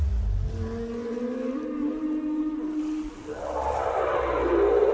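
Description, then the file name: Whale moans, two low tonal lines gliding slightly, then masked by a broad rushing noise in the second half. "Canto de las ballenas"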